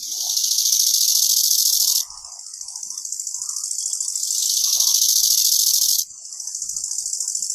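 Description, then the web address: Bow-winged grasshoppers answering each other: loud, pulsed, hissing rasps alternate with quieter rasping phrases, with no pause between singers. Alternating song (Wechselgesang). "Schott. Chorthippus biguttulus Wechselgesang"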